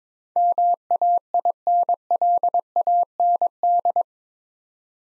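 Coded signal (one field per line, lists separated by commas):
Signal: Morse code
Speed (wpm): 21 wpm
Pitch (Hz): 700 Hz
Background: none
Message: MAINLAND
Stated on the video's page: Morse practice drill at 22 wpm sending 8-letter words for head-copy; first letters spoken, word sent, spoken, then sent again.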